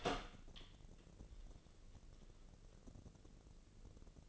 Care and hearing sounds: daily activity, microphone in the room; open door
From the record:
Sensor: 4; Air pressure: 1013.2 hPa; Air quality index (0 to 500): 178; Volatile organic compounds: 2 ppm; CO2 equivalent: 1121 ppm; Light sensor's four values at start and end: 76/186/79/79 and 104/259/107/114

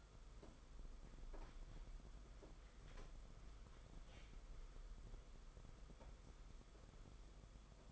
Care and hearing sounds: daily activity, microphone in the room; walk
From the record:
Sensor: 5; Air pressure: 990.8 hPa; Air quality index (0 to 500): 147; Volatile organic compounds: 142 ppm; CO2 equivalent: 3988 ppm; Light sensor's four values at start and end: 42/129/49/53 and 42/128/49/53

